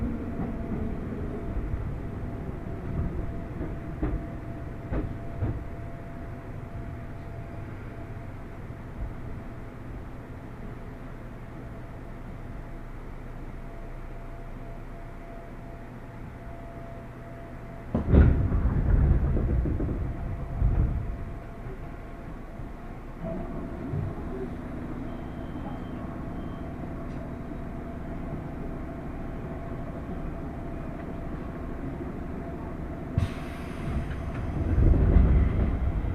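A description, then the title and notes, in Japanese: Train ride with a steady low rumble and faint whine, a louder burst of rattling around 18 seconds, and another swell near the end. 耳で楽しむ鉄道旅 南武線・南武支線・鶴見線。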